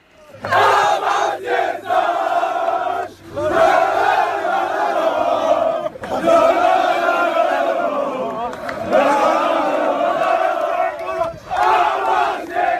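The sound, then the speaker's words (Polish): A large crowd of Raków Częstochowa football fans, celebrating promotion to the Ekstraklasa right after the final whistle of a 2-0 win over Podbeskidzie Bielsko-Biała, chants loudly and continuously in unison, their massed voices rising and falling in rhythmic phrases with brief dips between repetitions. “Tuż po końcowym gwizdku rozpoczęła się feta.”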